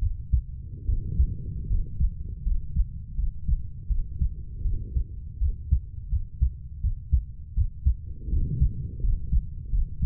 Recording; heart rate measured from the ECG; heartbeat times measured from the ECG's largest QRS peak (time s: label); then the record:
heart sounds by stethoscope; 81 bpm
0.86 s: heartbeat
1.68 s: heartbeat
2.44 s: heartbeat
3.16 s: heartbeat
3.88 s: heartbeat
4.63 s: heartbeat
5.39 s: heartbeat
6.09 s: heartbeat
6.81 s: heartbeat
7.54 s: heartbeat
8.30 s: heartbeat
9.01 s: heartbeat
9.70 s: heartbeat
From the record:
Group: healthy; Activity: rest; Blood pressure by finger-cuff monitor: 139/84 mmHg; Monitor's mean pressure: 100 mmHg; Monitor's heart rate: 81 bpm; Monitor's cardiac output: 6.1 L/min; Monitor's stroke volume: 78 mL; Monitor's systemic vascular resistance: 1220 dyn s/cm5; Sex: female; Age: 32 years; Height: 168 cm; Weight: 61.9 kg